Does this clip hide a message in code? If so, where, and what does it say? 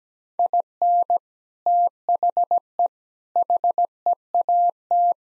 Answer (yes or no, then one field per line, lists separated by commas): yes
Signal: Morse code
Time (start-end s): 0.4-5.1 s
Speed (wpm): 17 wpm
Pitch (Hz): 700 Hz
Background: none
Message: IN THE HEAT